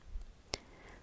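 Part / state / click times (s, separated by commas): ampule-size insert into ampule opener box / seated / 0.5 s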